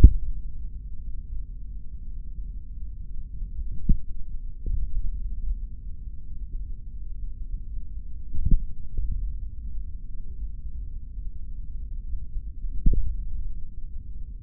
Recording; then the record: forearm muscle sounds (acoustic myography)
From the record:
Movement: finger pinch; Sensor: system 3, bracelet of six PUI Audio POM-2738L microphones around the upper forearm, with dedicated amplification and filtering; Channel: 2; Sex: male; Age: 26 years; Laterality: right